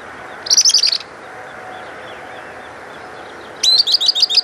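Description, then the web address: Bird calls: two shrill, high-pitched chattering bursts of quickly repeated notes, one early and one at the end, separated by quiet background hiss. "BIRD SABIOD bird"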